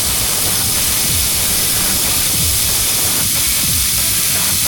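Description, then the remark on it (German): A water blaster fires as a rescue measure against lava and fire, a steady, loud spraying hiss, broad and rushing, holding constant for several seconds with faint low rumbles underneath and no voices. “Neue Maßnahmen werden eingeleitet. Wasserblaster feuerfrei.”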